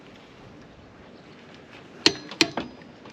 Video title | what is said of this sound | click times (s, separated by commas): Loving the upgraded iCheck TPMS | see hear that click that's actually the spring in here going yes youve add the right tension | 2.1 s, 2.4 s